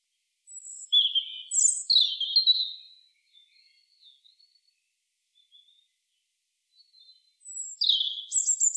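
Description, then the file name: European robin song: bursts of high, thin, jumbled warbling and short whistles around one to three seconds, a quiet pause with faint notes, then another high sparkling phrase. "Erithacus rubecula"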